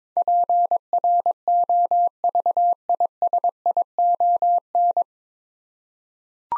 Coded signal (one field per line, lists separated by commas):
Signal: Morse code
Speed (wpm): 22 wpm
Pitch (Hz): 700 Hz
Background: none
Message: PROVISION